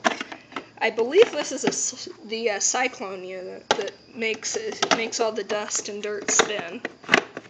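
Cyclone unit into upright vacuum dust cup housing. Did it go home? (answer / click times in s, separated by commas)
no / none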